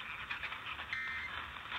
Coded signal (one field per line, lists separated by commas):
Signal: Emergency Alert System (SAME) tones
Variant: end-of-message bursts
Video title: Ohio RMT On WTAM-AM (EAS #319)